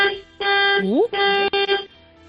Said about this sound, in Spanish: Oye, vamos a darle tres toquecitos al claxon a ver cómo suena tu coche, a ver si se oye bien.